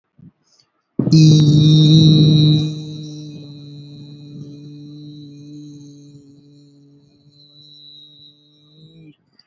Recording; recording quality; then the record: sustained vowel as in beet; excellent, no background noise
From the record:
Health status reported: healthy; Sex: male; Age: 20 years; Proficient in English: yes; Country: India